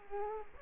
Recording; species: mosquito wingbeat signal from an infrared sensor; Culex quinquefasciatus